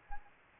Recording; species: mosquito wingbeat signal from an infrared sensor; Anopheles gambiae